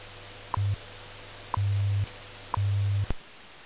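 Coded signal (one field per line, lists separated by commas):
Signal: radio time signal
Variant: WWV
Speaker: this is radio station wwv fort collins colorado broadcasting on internationally allocated standard carrier frequencies of 2.5 5 10 15 and 20 megahertz providing time of day standard time interval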